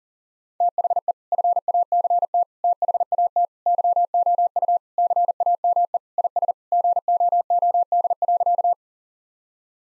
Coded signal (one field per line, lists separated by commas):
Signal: Morse code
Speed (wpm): 40 wpm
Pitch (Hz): 700 Hz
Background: none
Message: THE FACT THAT YOU CAME IS GOOD.